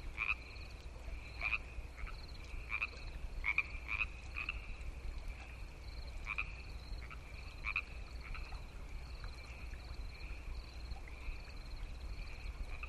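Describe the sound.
Frog calls: short pulsed croaks with a bright ringing tone, repeated irregularly over a faint steady chorus, then fading out, with low rumbling background noise.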